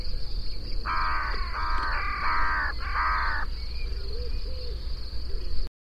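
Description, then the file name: Carrion crow giving four harsh, hoarse caws in quick succession, with a steady high hiss and low rumble behind. "Corvus corone"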